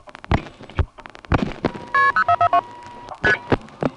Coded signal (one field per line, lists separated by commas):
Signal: multi-frequency trunk signalling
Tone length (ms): 80 ms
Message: KP0442 ST